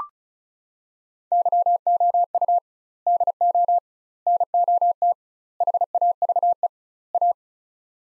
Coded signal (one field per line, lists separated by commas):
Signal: Morse code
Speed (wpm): 36 wpm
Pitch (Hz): 700 Hz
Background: none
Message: YOU DO NOT HAVE A